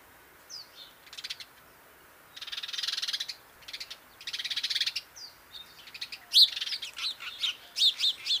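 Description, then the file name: House sparrow chirps, a burst of sharp high notes near the end following several dense buzzy bursts of noise. "Passer domesticus"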